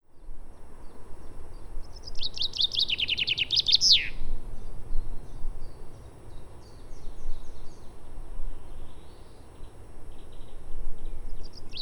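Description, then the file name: Common chaffinch song: a bright trill of descending notes ending in a sharp flourish, heard once; faint chirps from other birds and low background rumble. "Fringilla coelebs"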